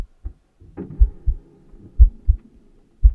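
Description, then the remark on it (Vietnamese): A deep, thudding heartbeat pounds in paired beats, low and heavy, repeating steadily over a faint sustained hum with no voices. “Thậm chí An Hùng còn mơ hồ nghe thấy cả nhịp tim của mình đập thình thịch ở trong lồng ngực.”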